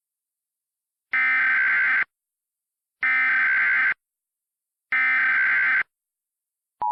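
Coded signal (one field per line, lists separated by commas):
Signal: Emergency Alert System (SAME) tones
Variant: header bursts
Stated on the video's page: Fictional EAS scenario using valid SAME tones; simulated, not a real broadcast.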